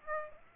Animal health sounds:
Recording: mosquito wingbeat signal from an infrared sensor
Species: Aedes aegypti

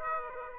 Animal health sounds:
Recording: mosquito wingbeat signal from an infrared sensor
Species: Aedes aegypti

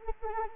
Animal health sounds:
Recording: mosquito wingbeat signal from an infrared sensor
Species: Anopheles arabiensis

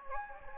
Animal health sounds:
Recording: mosquito wingbeat signal from an infrared sensor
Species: Anopheles gambiae

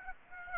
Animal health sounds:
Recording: mosquito wingbeat signal from an infrared sensor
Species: Aedes aegypti

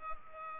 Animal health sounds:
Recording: mosquito wingbeat signal from an infrared sensor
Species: Culex pipiens

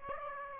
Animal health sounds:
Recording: mosquito wingbeat signal from an infrared sensor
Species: Aedes aegypti

